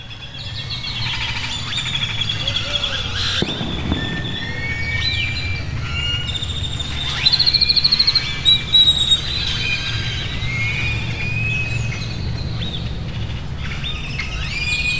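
Birds chirp and whistle over a steady low rumble, with a sharp knock near four seconds and a busier burst of calls around eight.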